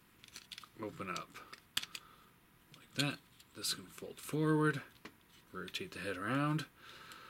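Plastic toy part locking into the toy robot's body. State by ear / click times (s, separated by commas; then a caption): not seated / none. Someone talks while handling a plastic Transformers Generation toy robot, Long Haul the dump truck, folding a piece forward and rotating the head around during its transformation. Light plastic taps and clicks are heard near 0.2–0.6 s and a sharper tick near 1.8 s. The plastic part has not yet locked into place in the robot's body; nothing has seated or clicked home.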